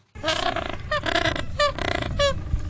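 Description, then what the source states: Gentoo penguin colony: loud, harsh braying honks repeated several times in quick succession. Colony in Antarctica.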